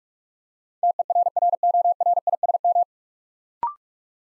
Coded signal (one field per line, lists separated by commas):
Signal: Morse code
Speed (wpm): 44 wpm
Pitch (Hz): 700 Hz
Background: none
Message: TERRORISM